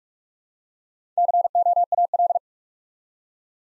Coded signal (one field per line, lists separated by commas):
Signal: Morse code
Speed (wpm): 44 wpm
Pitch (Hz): 700 Hz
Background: none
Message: COAL